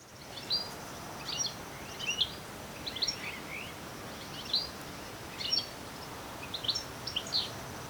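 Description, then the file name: European goldfinch calls: sparse, thin high notes in brief clusters at short intervals, over a continuous hiss. "Carduelis carduelis"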